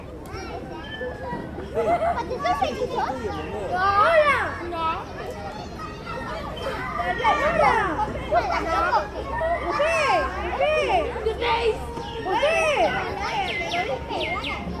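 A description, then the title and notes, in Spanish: Children laugh and talk in the street, their high voices overlapping in a dense, lively chatter that rises and falls throughout. Bursts of squealing and excited calls peak around four, nine and eleven seconds, over a low steady hum underneath. Efecto de sonido- Niños riendo en la calle.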